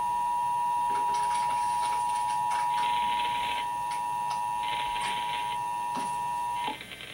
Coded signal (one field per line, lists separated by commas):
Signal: Emergency Alert System (SAME) tones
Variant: 853 and 960 Hz attention tone